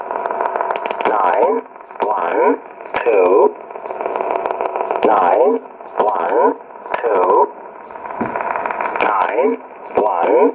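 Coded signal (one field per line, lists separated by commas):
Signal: numbers station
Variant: E07a, English male voice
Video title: 15 06 2017 Numbers station E07a English Man in English to Eu 0450 on 9133 in USB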